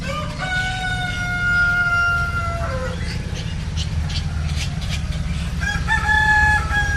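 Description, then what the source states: Chicken: rooster crowing loudly in a long drawn-out cock-a-doodle-doo, followed by another crow near the end, over a steady low rumble. Roosters in the village of Pitulu, Indonesia, with traffic in the background.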